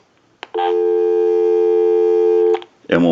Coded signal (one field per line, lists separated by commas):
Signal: telephone call progress tone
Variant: North America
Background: speech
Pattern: dial tone